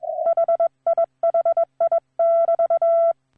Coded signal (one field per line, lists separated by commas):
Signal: Morse code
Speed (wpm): 21 wpm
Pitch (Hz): 670 Hz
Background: none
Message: HIHI<BT>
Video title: WA2SON QRP